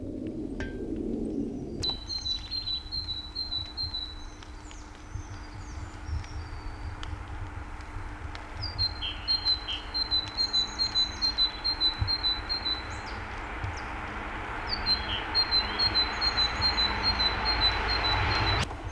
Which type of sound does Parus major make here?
song